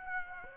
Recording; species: mosquito wingbeat signal from an infrared sensor; Aedes aegypti